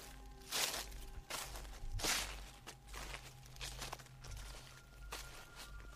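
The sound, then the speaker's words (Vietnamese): Slow, rustling footsteps shuffle across a roof, each step a soft scraping crunch spaced about a second apart, over a low steady hum with no voices. “Lần này A Nùng còn nghe cả tiếng bước chân tựa như đang đi lại trên mái, cứ sột soạt chậm rãi.”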